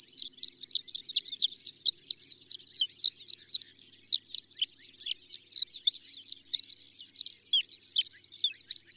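Horned lark singing a long, high-pitched run of tinkling, sputtering notes, delivered rapidly and almost without pause throughout.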